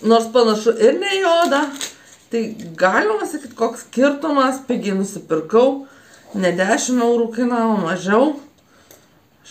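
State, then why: Seated. A woman talks through most of the clip while fastening the buckle of a cheap leather-like belt. The buckle closes on the belt strap with a short click at 8.9 s, and the belt is fastened.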